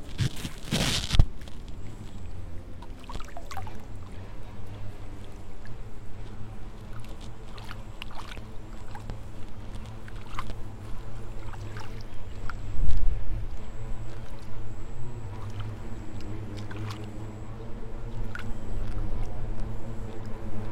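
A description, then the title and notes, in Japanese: Evening rice seedling pulling in a paddy, with a steady low engine-like drone running throughout. Short splashing and pulling sounds come every second or two, with a loud burst near the start and another around thirteen seconds. A faint high whine persists. イネ苗取り ブユのいない気持ち良い夕方。いよいよ今年の手植え田んぼも大詰め。夕方、イネの苗取り。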